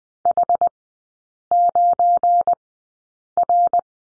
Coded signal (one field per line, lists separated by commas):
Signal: Morse code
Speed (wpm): 20 wpm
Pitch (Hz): 700 Hz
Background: none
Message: H9R